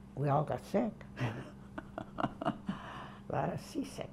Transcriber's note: she laughs